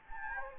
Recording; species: mosquito wingbeat signal from an infrared sensor; Anopheles gambiae